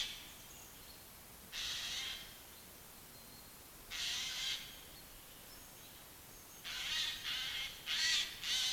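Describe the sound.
Eurasian jay giving harsh, rasping screeches: several noisy bursts, spaced a few seconds apart at first, then close together near the end.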